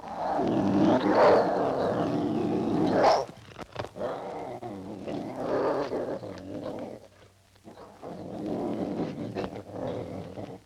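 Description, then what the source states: Tiger giving a deep, rasping growl that swells strongly for about three seconds, then softer rumbling growls continue with brief quiet gaps. Hissing and growling.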